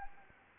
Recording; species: mosquito wingbeat signal from an infrared sensor; Anopheles arabiensis